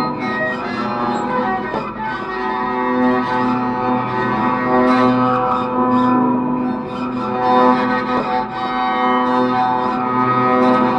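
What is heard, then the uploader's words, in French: Invented instruments made from everyday objects and natural materials sound a dense, layered drone of sustained ringing tones, low and mid pitches stacked together. Light taps and scrapes cut through now and then, notably near two, five and eight seconds. Objet usuels détournés de lutherie inventée ou de matériaux naturelles. La manipulation des objets, des matières.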